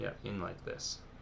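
A small plastic antenna is being handled and pushed toward the head of a Bandai Gunpla RG MS-06S Zaku II model kit while someone talks. Nothing has seated or clicked yet; the antenna is not yet home in the head.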